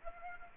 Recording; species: mosquito wingbeat signal from an infrared sensor; Aedes aegypti